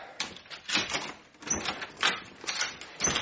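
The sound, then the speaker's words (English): A door is unlocked and opened at 4 a.m.: a run of clattering, scraping bursts of metal and wood, uneven in rhythm and moderately loud, with no voices. “We're not opening this door. Who is it? Benton, open the damn door.”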